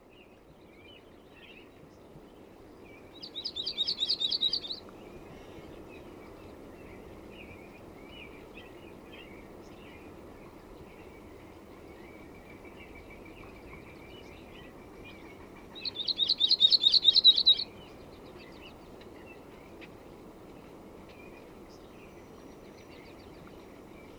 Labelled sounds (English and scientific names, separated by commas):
Yellow-rumped Warbler (Setophaga coronata) song